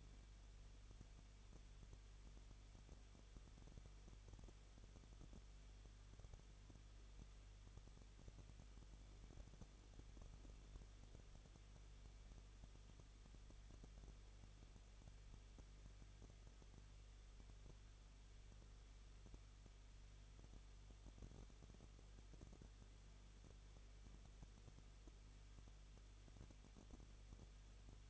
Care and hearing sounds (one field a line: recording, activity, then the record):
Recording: daily activity, microphone in the room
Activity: no activity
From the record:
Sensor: 4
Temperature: 23.0 degrees Celsius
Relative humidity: 34.1%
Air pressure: 1007.4 hPa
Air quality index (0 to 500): 213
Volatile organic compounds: 14 ppm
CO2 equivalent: 2457 ppm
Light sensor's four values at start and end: 2/3/1/1 and 2/3/1/1